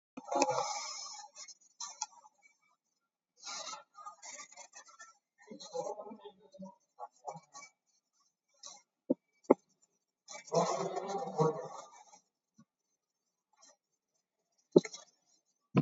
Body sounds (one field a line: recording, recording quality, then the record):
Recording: deep breathing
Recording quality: poor, much background noise or distortion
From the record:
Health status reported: COVID-19 positive, mild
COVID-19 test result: positive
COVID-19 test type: RT-PCR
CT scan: taken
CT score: 5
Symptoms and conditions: fever, fatigue, muscle pain, hypertension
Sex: male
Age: 42 years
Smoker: yes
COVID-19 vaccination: one dose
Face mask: worn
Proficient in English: yes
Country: India